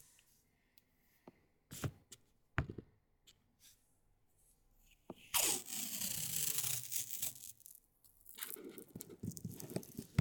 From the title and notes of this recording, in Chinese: 紙膠帶的唰唰聲｜Paper Tape。